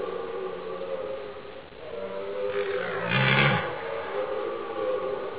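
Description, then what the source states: Red deer bellowing, a low rough roar that swells and peaks briefly midway, over steady background noise. Rutting bellow of a red deer.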